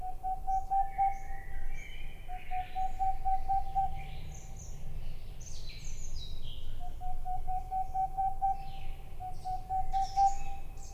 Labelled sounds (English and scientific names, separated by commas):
Boreal Owl (Aegolius funereus)